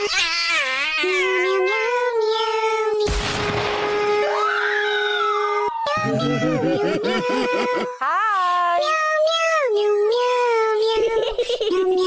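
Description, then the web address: Cat meowing in a series of drawn-out, wavering, nasal calls that rise and fall, with a burst of harsh rustling noise partway through. "the rascal meow"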